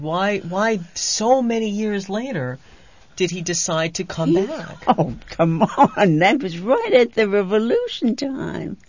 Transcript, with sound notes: Why so many years later did he decide to come back? ( she laughs )
That was right at the Revolution time.